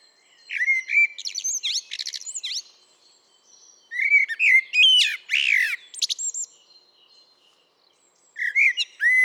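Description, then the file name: Common blackbird song: two fluty, warbled phrases, each ending in a high, thin twitter, separated by pauses, then a third phrase begins. "Turdus merula"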